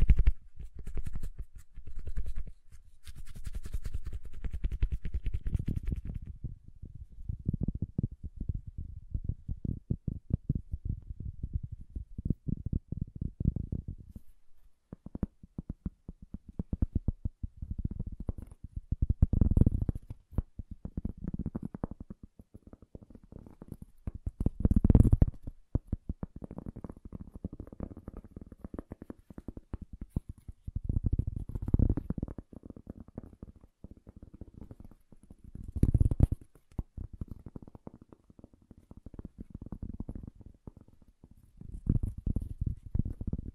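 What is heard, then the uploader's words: Soft, bassy tapping runs through the whole recording, mostly low thuds in quick, uneven bursts with brief pauses around 14 and 27 seconds. Louder clusters of taps hit near 20, 25 and 36 seconds, and a faint hiss sits above in the first few seconds. ASMR Bassy and Soft Tapping Sounds. No Talking.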